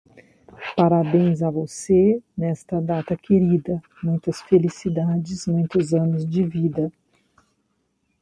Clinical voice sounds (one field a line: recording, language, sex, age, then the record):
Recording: short text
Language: Brazilian Portuguese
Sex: female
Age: 40 to 49 years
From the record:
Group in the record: control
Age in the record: 45 years